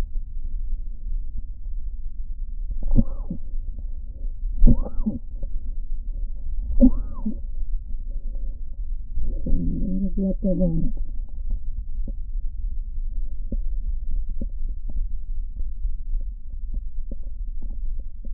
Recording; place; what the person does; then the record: lung sounds by stethoscope; right posterior basal chest; quiet breathing, then cough and speech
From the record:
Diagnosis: asthma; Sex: female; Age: 74 years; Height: 155 cm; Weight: 63 kg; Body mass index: 26.2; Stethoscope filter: diaphragm mode